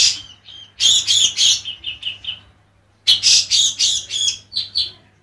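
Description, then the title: Oriental magpie-robin song in two loud, varied phrases of quick whistled and chattering notes, separated by a short silence. "Kicau Kacer"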